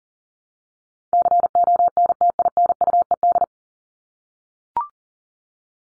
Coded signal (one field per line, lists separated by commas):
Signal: Morse code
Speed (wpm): 40 wpm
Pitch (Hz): 700 Hz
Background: none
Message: CONTINUED